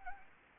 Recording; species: mosquito wingbeat signal from an infrared sensor; Anopheles arabiensis